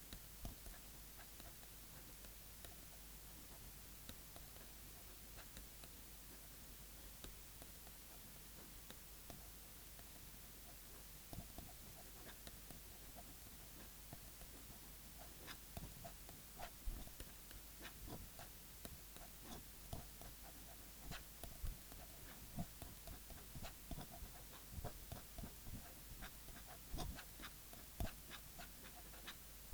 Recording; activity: daily activity, guitar pickup as the sensor; write